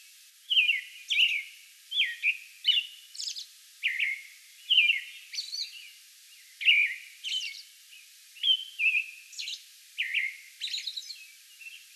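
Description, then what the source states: American robin delivering a steady stream of whistled caroling phrases, mixing falling slurs with sharp high squeaky notes. Song bout recorded May 11.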